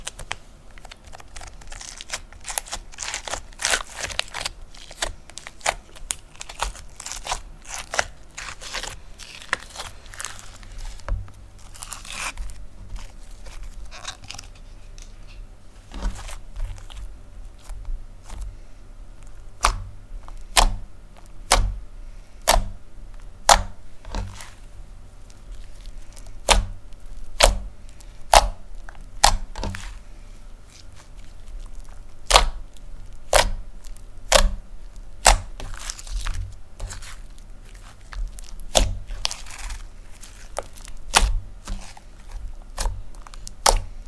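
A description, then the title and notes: Crunchy slime being poked, pressed and stretched, with dense crackling and crinkling pops throughout. Sharp bright clicks come in clusters, growing more frequent and louder after about 25 seconds, over a low soft rumble of handling. Slime Sounds Crunchy, Poking, Stretching, Pressing.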